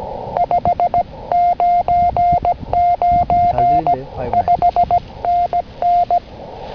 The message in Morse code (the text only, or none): 599 5NN